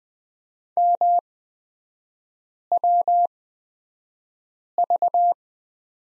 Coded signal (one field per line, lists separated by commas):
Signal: Morse code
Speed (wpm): 20 wpm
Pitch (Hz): 700 Hz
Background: none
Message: MWV